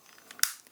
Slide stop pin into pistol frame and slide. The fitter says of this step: And it snaps into place.